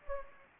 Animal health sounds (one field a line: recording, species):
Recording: mosquito wingbeat signal from an infrared sensor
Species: Anopheles gambiae